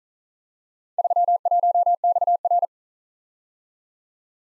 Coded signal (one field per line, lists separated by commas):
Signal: Morse code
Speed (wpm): 39 wpm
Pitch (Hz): 700 Hz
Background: none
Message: 31XR